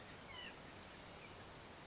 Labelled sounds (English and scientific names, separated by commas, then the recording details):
White-breasted Nuthatch (Sitta carolinensis)
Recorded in Sonoma County, California